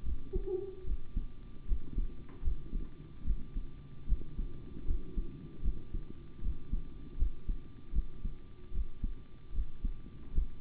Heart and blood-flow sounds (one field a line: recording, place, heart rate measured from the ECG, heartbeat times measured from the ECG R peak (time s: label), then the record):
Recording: heart sounds by stethoscope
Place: between the tricuspid and mitral areas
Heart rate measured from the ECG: 76 bpm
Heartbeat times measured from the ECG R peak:
0.03 s: heartbeat
0.84 s: heartbeat
1.66 s: heartbeat
2.42 s: heartbeat
3.24 s: heartbeat
4.07 s: heartbeat
4.85 s: heartbeat
5.62 s: heartbeat
6.41 s: heartbeat
7.17 s: heartbeat
7.93 s: heartbeat
8.72 s: heartbeat
9.53 s: heartbeat
10.33 s: heartbeat
From the record:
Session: rest, sitting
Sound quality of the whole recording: good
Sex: male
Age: 25 years